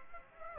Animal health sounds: mosquito wingbeat signal from an infrared sensor; Aedes aegypti

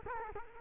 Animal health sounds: mosquito wingbeat signal from an infrared sensor; Culex quinquefasciatus

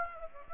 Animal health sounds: mosquito wingbeat signal from an infrared sensor; Aedes aegypti

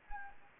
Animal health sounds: mosquito wingbeat signal from an infrared sensor; Anopheles gambiae

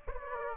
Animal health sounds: mosquito wingbeat signal from an infrared sensor; Aedes aegypti

